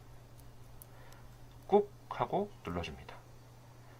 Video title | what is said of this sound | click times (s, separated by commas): 2020영등포구 창의체험 당서초등학교 | 그러면 딸깍 하는 소리가 나면서 | 0.8 s